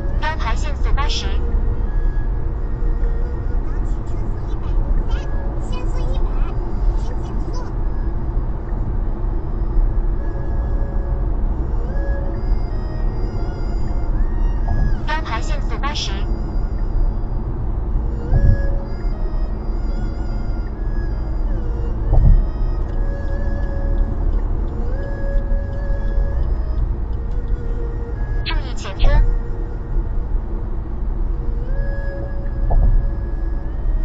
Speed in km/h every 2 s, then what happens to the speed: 100, 99, 96, 94, 92, 93, 91, 88, 86, 84, 84, 87, 93, 93, 93, 93, 83.
0-18 slows to 84. 18-24 speeds up to 93. 24-30 steady at about 93. 30-34 slows to 83.